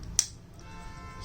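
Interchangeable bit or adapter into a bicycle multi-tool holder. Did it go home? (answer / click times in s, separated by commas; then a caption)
yes / 0.2 s. A bit or adapter of a portable PB Swiss bicycle multi-tool is pushed into its holder and snaps home with one sharp, bright click at 0.2 s, followed by quiet low background hum. The part is seated and set in place.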